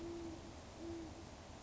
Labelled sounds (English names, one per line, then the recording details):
Band-tailed Pigeon
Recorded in Sonoma County, California